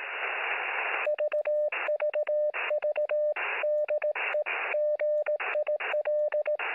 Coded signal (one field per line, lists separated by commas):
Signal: Morse code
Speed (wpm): 18 wpm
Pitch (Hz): 600 Hz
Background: radio noise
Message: VVV DE GIL